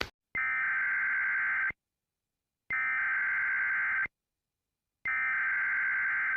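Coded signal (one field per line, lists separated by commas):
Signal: Emergency Alert System (SAME) tones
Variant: header bursts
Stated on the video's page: Fictional EAS alarms made by a fan.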